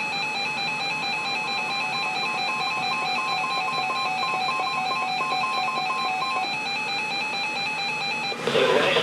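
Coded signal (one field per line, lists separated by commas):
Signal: none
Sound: music jingle tones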